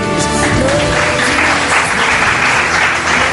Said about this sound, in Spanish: El aplauso de toda la gente, toda la mucha gente que está aquí con nosotros en la Feria del Libro de Madrid, en un programa extraordinariamente especial.